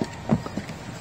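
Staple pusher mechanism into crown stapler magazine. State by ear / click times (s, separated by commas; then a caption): not seated / none. A spring pusher mechanism is slid back along the magazine of a Ryobi 18V cordless crown stapler after 3/8 inch staples are loaded into it. Short, low handling knocks and scrapes are heard, the loudest near 0.3 s. Nothing has clicked or seated yet; the pusher is not yet home.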